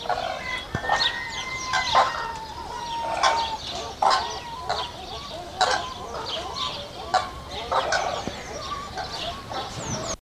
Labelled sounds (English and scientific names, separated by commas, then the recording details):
Blue Crane (Grus paradisea) call
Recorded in captivity
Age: adult
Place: Zoo Berlin, Berlin, DE
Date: 1986-05-02 11:00
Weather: sonnig, 17°C
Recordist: Tembrock, Günter